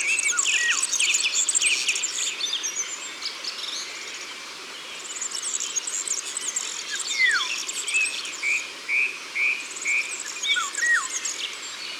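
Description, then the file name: European serin song: fast, high, jingling trills of tinkling notes, with another bird giving a few clear downslurred whistles. Recorded in Ardèche, France. "Serin-Cini-Concerts-Naturels-De-l Ardeche"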